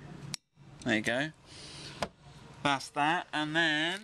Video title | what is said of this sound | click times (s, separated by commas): How to replace the rear wiper blade / arm on Land Rover Discovery 3 LR3 | he in behind there was some just guide him in and we should hear him click there | 0.3 s